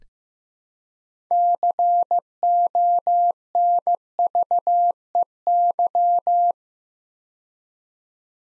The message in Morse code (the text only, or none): CONVEY